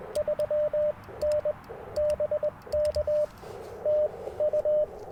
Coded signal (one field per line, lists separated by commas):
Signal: Morse code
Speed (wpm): 20 wpm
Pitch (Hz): 600 Hz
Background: radio noise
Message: 3N BK TU